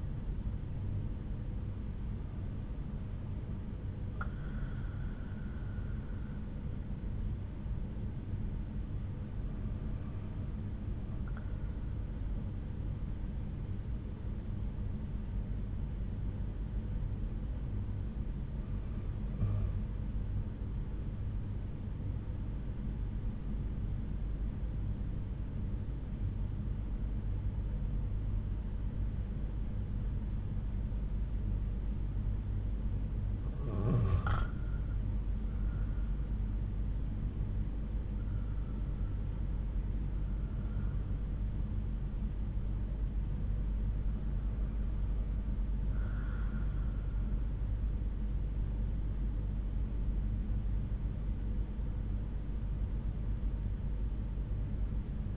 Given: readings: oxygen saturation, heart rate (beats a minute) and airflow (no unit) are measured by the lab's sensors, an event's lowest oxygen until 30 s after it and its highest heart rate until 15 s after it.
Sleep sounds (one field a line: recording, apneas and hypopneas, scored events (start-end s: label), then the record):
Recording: breathing in sleep by a smartphone at the bedside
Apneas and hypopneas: 1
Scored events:
13.00-43.00 s: new sleep stage, N2 (light sleep)
18.00-37.10 s: hypopnea (N2, oxygen 96% highest, then 91% lowest)
43.00-55.37 s: new sleep stage, N1 (lightest sleep)
From the record:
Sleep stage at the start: N1 (lightest sleep)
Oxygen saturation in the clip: 91 to 96%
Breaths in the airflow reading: 6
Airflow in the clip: -6.8 to 9.0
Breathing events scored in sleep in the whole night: 368 in 8.0 hours asleep